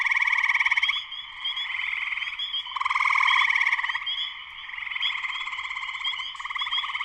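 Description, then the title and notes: Dense spring peeper chorus: unbroken high rising peeps and throbbing trills, with a strong swell near the middle. Full chorus shortly after sunset in Sleeping Bear Dunes National Lakeshore, northern Michigan, USA; recorded by Darrin Wassom. "Spring peepers (chorus frogs) in concert. Spring peepers (chorus frogs) in full chorus shortly after sunset in the Sleeping Bear Dunes National Lakeshore in northern Michigan, USA. Recorded by Darrin Wassom. Music for Sleep"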